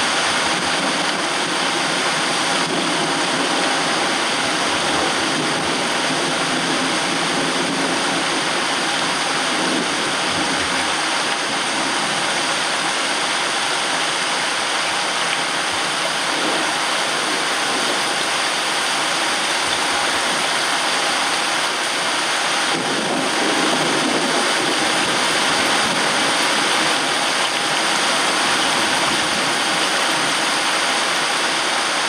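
A rain shower pours down in a steady, dense hiss that stays even and bright throughout, with only slight low swells around ten and twenty-three seconds.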